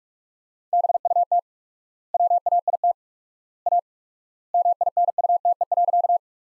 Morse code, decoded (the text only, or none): BUT WAIT A MINUTE.